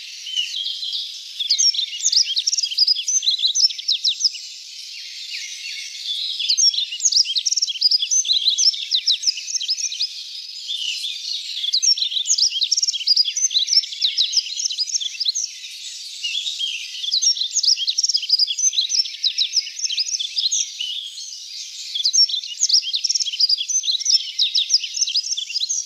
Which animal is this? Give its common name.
Yellow-throated Bunting